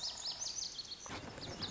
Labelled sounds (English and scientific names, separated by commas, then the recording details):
Lazuli Bunting (Passerina amoena)
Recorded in Sonoma County, California